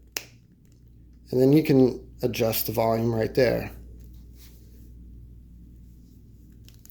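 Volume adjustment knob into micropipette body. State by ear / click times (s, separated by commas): seated / 6.7 s, 6.8 s, 6.9 s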